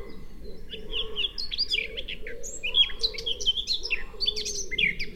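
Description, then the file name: Eurasian blackcap song, bright scratchy warbled phrases one after another, while another bird coos low and steadily in the background. "Sylvia atricapilla"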